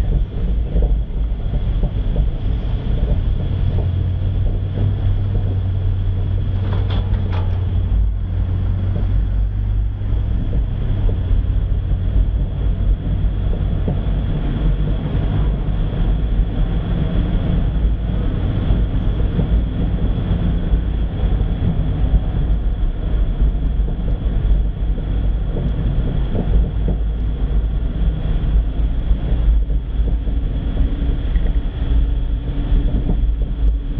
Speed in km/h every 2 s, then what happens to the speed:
11, 12, 9, 9, 14, 17, 18, 19, 19, 18, 18, 18, 19, 21, 21, 21, 22.
0-6 steady at about 9. 6-13 speeds up to 19. 13-34 steady at about 19.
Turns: none.